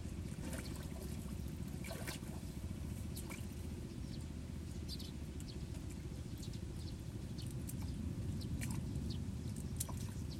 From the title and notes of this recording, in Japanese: 水苗代でイネの苗取り。昔ながらの方法で、田んぼに直接籾種をまいて育てる「水苗代」から、育った苗を１本１本抜いてワラでまとめて束にしていきます。